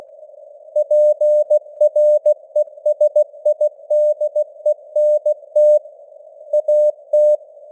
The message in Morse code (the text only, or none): PRESIDENT AT